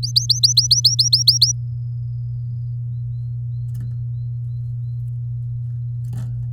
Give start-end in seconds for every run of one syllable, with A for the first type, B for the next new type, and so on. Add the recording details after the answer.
0.03-1.52 A. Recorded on 8 May 2018 at 11:18. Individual llb16